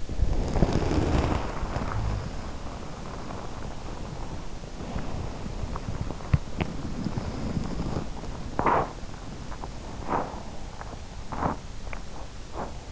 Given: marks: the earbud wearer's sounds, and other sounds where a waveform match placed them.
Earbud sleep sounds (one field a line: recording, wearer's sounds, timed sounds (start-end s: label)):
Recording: sounds in sleep by an in-ear microphone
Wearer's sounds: body movement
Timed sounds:
0.00-12.91 s: body movement